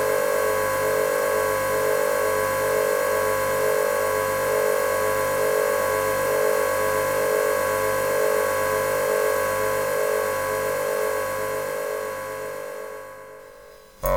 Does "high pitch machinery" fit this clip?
yes